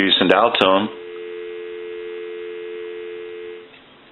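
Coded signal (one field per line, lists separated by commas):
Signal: telephone call progress tone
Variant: North America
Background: speech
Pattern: dial tone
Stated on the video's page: Heard on a Western Electric 302 rotary desk telephone under checkout and repair.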